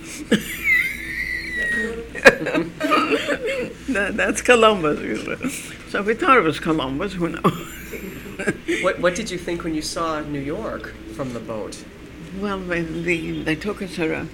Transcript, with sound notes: " (She laughs) That's Columbus," he says. So we thought it was Columbus. Who knows? (She laughs)
What did you think when you saw New York from the boat?
Well, when we, they took us around.